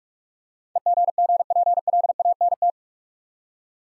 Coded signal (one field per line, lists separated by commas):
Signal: Morse code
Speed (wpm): 44 wpm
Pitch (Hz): 700 Hz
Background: none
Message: EGGPLANT